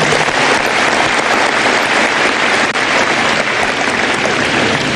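Steady, dense applause from a crowd, a continuous crackle of many hands clapping at once that holds an even, loud level for the whole stretch with no voices over it.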